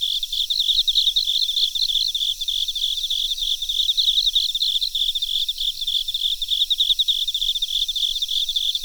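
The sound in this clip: Crickets chirping fast and high, a steady pulsed chorus repeating several times per second, soft background noise.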